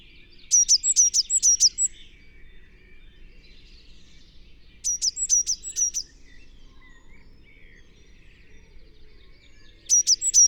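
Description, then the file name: Eurasian blue tit delivering short bursts of rapid, high-pitched twinned notes, three phrases separated by several seconds of near silence. "Cyanistes caeruleus"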